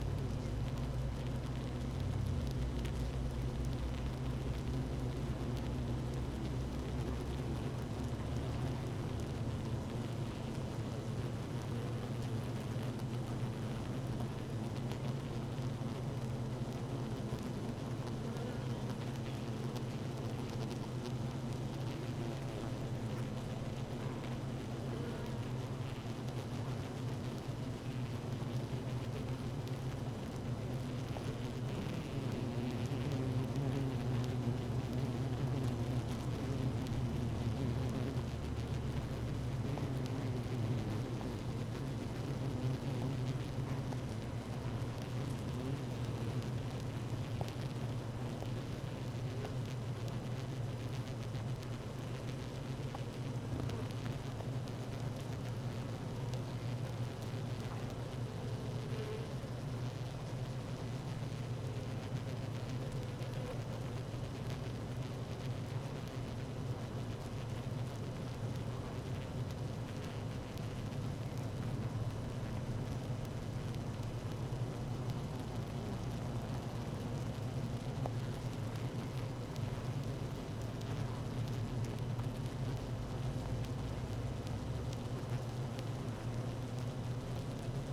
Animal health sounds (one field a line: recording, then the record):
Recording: honeybee colony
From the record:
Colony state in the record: active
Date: 12 June 2018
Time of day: 15:24